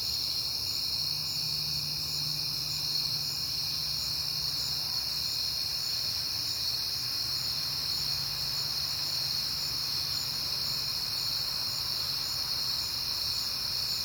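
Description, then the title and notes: Crickets chirping in a steady, dense high-pitched chorus, with a faint low hum beneath. Crickets at night in September on a peaceful night, with cars passing. "Night Time: Crickets and Passing Cars. It is September and I have been hearing the crickets a lot, but finally had a peaceful night to make the recording"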